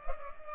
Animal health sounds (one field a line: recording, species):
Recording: mosquito wingbeat signal from an infrared sensor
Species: Culex pipiens